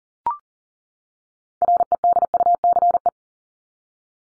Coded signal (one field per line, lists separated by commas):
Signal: Morse code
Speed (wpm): 40 wpm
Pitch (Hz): 700 Hz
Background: none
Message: REDUCE